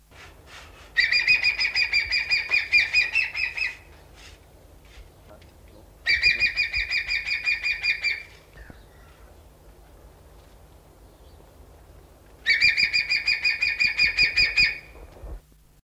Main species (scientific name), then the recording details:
Geranoaetus melanoleucus. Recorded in captivity. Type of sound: call. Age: adult. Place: Zoo Antwerpen, Flandern, BE. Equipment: Halbspur, 9,5 cm/s. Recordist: Lütgens, Hans. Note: Rufe